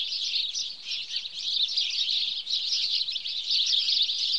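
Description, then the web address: House sparrow chatter, many bright chirps overlapping into a steady, unbroken wall of sound that swells slightly toward the end. "BBC Sound Effects Library Birds House Sparrow (Passer Domesticus)"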